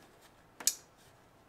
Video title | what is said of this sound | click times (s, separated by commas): 3.0 Duramax PPE CHARGE AIR COOLER - Start To Finish on 24 ZR2 | heard that positive click? | 0.7 s